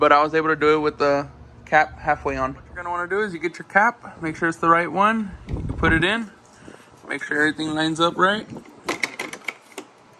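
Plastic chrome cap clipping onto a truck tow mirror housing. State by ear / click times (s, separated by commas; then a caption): seated / 9.0 s, 9.2 s, 9.5 s, 9.8 s. A plastic chrome mirror cap is lined up on the tow mirror housing of a 2022 Silverado and pressed down until its retaining clips snap in. Someone talks for most of the clip, then a series of sharp little clicks comes at 9.0, 9.2, 9.5 and 9.8 seconds as the cap seats. The cap ends up solid, though the last clip was tight.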